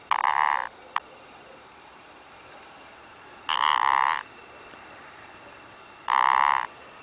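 Rhinella ornata toad calling in short pulsed trills, each lasting under a second, three bursts spaced about three seconds apart, with a faint click between the first two.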